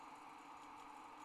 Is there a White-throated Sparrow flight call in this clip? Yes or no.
no